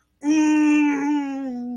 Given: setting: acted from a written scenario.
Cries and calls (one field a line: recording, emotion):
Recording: vocal sound without words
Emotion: pain